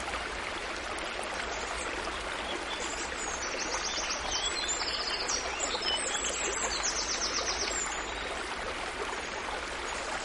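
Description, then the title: Bird chirps, thin and high, repeating in short trills through the middle seconds, set against constant rushing stream water. Birdsong with flowing water. "Suara Guntur Air Mengalir Dan Kicau Burung"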